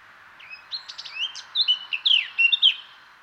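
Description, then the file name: Eurasian blackcap song over a soft background hiss: quiet chattering notes building into louder clear whistles near the end. "Sylvia atricapilla"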